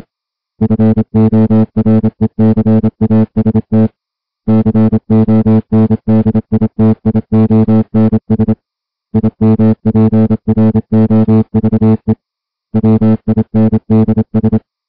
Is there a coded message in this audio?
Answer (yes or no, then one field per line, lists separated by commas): yes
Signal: Morse code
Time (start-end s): 0.6-14.6 s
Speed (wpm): 27 wpm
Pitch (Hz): 220 Hz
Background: music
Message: FORECAST CONDITIONS IMPROVE WINDS